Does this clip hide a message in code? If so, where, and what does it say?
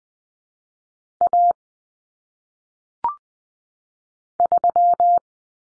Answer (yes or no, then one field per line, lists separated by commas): yes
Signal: Morse code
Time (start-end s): 1.2-5.2 s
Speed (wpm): 20 wpm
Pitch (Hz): 700 Hz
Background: none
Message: A 3